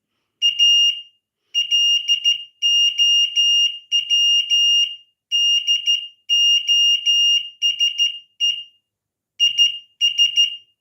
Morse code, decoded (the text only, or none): A LOW DOSE IS